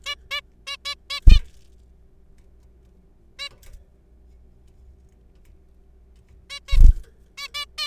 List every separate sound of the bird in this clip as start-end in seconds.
0.06-0.15, 0.31-0.41, 0.67-0.76, 0.85-0.95, 1.10-1.20, 1.30-1.39, 3.39-3.49, 6.50-6.59, 6.68-6.77, 7.38-7.48, 7.55-7.65, 7.78-7.87